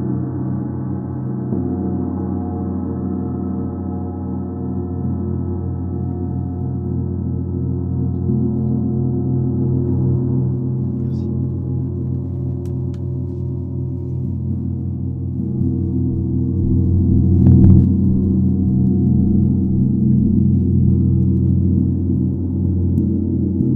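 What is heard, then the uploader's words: A gong bath: deep, sustained gong tones hum and shimmer continuously, layered low drones with a steady wash. Around two-thirds through the sound swells briefly with a soft strike, and a few faint light clicks appear near the middle. Gong Bath from Elodie. Kundalini Session with Yogi Priya Dhyan Khaur Lunar Phase Gong Bath, played by Elodie!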